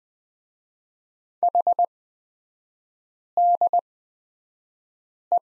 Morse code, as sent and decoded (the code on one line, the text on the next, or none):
.... -.. .
HDE